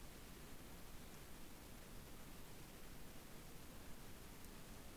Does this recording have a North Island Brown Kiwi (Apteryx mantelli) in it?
no